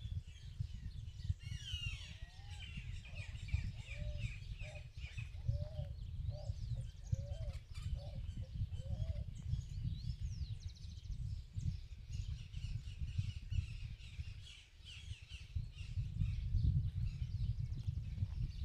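Little birds in the countryside chirp and twitter almost without pause, bright busy calls layered over one another. From about two to eight seconds a lower bird repeats a short call several times. A steady low rumble runs underneath, dipping briefly near fifteen seconds.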